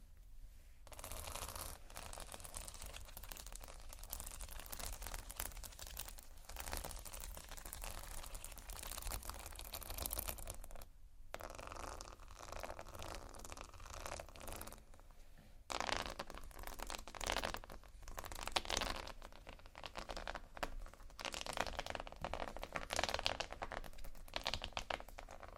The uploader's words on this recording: ASMR Slow Scratching & Tapping on Textures (No Talking).